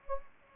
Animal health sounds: mosquito wingbeat signal from an infrared sensor; Anopheles gambiae

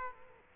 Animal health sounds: mosquito wingbeat signal from an infrared sensor; Culex quinquefasciatus

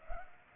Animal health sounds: mosquito wingbeat signal from an infrared sensor; Culex pipiens

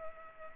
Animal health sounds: mosquito wingbeat signal from an infrared sensor; Culex pipiens

